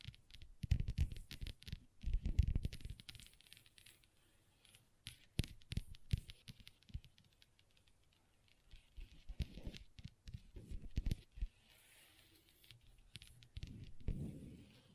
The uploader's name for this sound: Table Tapping & Scratching with Long Nails